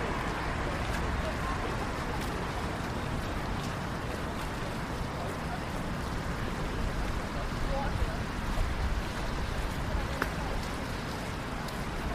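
A rainy night downtown, with a steady wash of traffic and light rain filling the whole clip at an even level. Murmurs of people blend into the low rumble of cars, and faint sharp ticks and clicks dot the texture every second or two.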